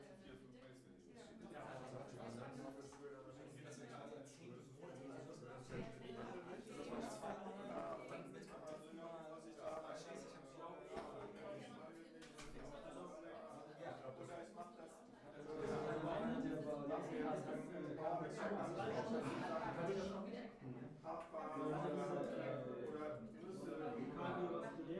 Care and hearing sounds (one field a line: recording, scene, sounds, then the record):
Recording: everyday scene through a hearing-aid microphone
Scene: many people talking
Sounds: many voices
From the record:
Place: bistro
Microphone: behind the ear, left, front